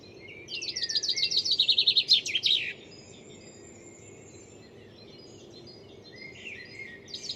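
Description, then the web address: Bird gives one rapid, high trilled phrase of roughly two seconds, followed by quiet and the start of another phrase at the end. "cianscape birddata Deverinetal 2025 File origin Bird Only"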